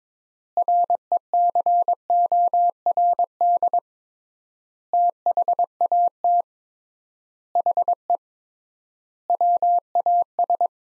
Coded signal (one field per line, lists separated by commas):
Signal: Morse code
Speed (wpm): 22 wpm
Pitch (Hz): 700 Hz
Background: none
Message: RECORD THAT HE WAS